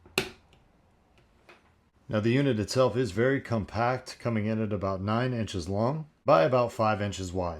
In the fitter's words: your filter back in, and this just snaps back into place.